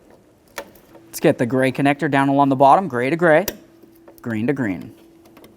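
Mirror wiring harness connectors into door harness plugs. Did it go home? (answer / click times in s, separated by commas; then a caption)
no / none. Someone talks while handling the gray and green plastic side-mirror wiring harness connectors, lining them up with the matching door harness plugs inside the door of a 2008-2017 Buick Enclave. Brief sharp handling ticks are heard near 0.6 s and 5.4 s. Nothing has seated or clicked yet.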